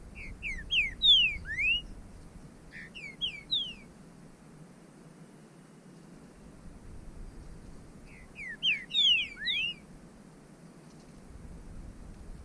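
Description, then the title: Bird calling in clear whistled phrases of sliding notes, three bursts of four or five quick slurred whistles with pauses between. "burung"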